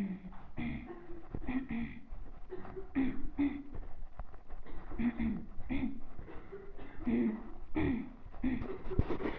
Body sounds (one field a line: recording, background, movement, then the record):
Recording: throat clearing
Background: a bystander coughing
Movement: walking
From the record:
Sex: female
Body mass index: 22.6 kg/m2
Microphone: on the chest, facing the body